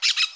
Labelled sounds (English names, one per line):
Brown-throated Parakeet contact call